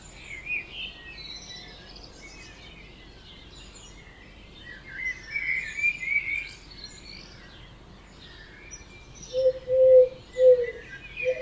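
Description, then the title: Birds singing in chorus with scattered chirps and whistles, then a lower bird repeating short, loud, hooting notes near the end. Dawn chorus at 4am in Oberhofen, Inntal valley, Austria; binaural recording. "Birds Oberhofen Inntal Austria - 4am - binaural version"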